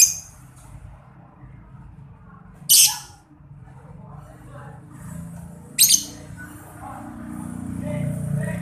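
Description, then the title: Lovebird calls: three short, harsh, high bursts about three seconds apart, the first cut off at the start, over a quiet low background. Masteran therapy recording meant to make a labet lovebird quickly produce long ngekek (ngekek panjang). "Kicau Lovebird SUPER GILA !!! Terapi Masteran LABET Terbaik Agar Labet Cepet NGEKEK PANJANG"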